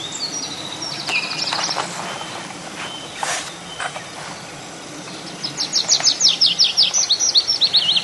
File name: konek lesnojj